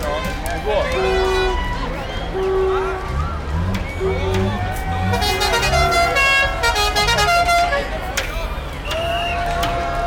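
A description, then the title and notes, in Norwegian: A russ parade on Karl Johan: a dense, steady wash of shouting voices and cheers with repeated horn toots and honks throughout. Bright whistle-like tones and sustained horn notes cut through, busiest around the middle, over a constant low rumble of vehicles. Lyden av russetog på Karl Johan. Russerop, tuting, musikk.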